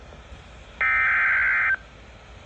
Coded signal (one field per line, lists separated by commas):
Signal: Emergency Alert System (SAME) tones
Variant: header bursts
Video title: (EAS #487) Severe Thunderstorm Warning for Lafayette and Rock, Wisconsin